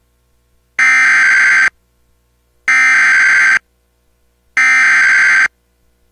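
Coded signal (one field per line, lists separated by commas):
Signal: Emergency Alert System (SAME) tones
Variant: header bursts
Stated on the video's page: Real severe thunderstorm warning relayed by a TV station, recorded from an HD cable box directly into a Zoom H1 audio recorder.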